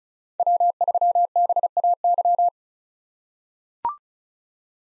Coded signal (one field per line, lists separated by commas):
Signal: Morse code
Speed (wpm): 36 wpm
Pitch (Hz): 700 Hz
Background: none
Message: W3BAY